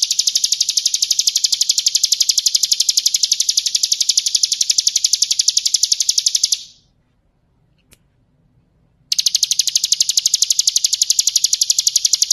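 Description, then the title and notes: Bar-winged Prinia producing a long, unbroken, high-pitched rapid trill lasting several seconds, a silent break, then the same fast pulsing trill resumes. Ngebren song style, used as a training recording for White-rumped Shamas (magpie-robins). "Suara burung ciblek - Suara Nada"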